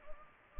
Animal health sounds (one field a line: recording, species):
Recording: mosquito wingbeat signal from an infrared sensor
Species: Anopheles arabiensis